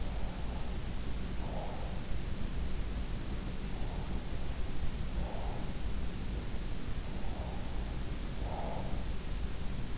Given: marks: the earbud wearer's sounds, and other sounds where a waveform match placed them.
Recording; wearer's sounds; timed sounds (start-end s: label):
sounds in sleep by an in-ear microphone; breath
0.00-1.89 s: breath
3.88-5.72 s: breath
7.19-8.92 s: breath